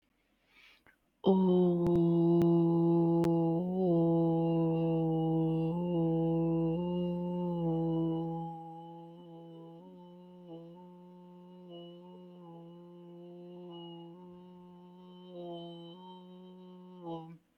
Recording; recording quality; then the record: sustained vowel as in boot; excellent, no background noise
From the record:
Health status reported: healthy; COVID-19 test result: negative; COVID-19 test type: RT-PCR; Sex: female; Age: 29 years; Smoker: no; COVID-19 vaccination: one dose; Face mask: not worn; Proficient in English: yes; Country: India